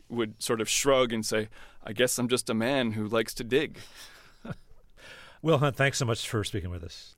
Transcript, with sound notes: And he would sort of shrug and say, I guess I'm just a man who likes to dig.
(Laughter) Will Hunt, thanks so much for speaking with us.